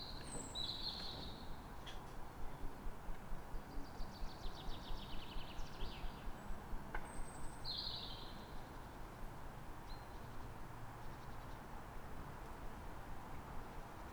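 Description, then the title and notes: Bird giving high chirps at the start, a rapid trilled phrase, then more bright chirps, all over a low, steady traffic drone. Calm morning on 3 May in Fresnes, Ile de France, with ring-road traffic in the background. "Matin calme avec oiseaux. Fresnes, Ile de France. Mathias Arrignon"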